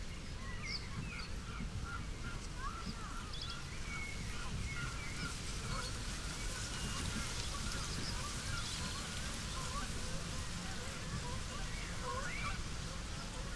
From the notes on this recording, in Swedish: Sävsångare och sävsparv sjunger envist, några skäggmesar flyger förbi, en vattenrall grymtar missnöjt när några grågäss flyger över under vilt kacklande